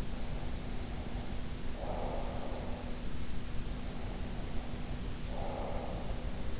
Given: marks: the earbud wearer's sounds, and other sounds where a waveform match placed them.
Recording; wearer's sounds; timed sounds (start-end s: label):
sounds in sleep by an in-ear microphone; breath
0.00-3.31 s: breath
3.57-6.55 s: breath